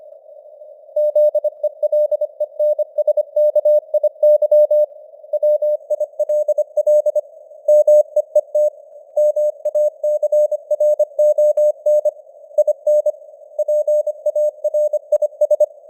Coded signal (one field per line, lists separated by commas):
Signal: Morse code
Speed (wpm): 25 wpm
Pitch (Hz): 600 Hz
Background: none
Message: ZELENSKIY WILL MEET MACRON IN PARIS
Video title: Morse Code News | 2025-11-30 | 25wpm